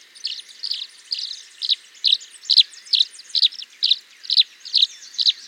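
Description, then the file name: Tree swallow giving high slurred chirps, repeated a little over twice a second throughout. "Tachycineta bicolor - Tree Swallow"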